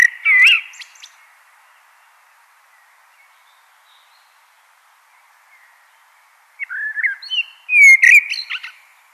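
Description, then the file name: Common blackbird song: a short fluted phrase with a squeaky twitter, a long pause, then another mellow warbled phrase ending in high scratchy notes. "Turdus merula"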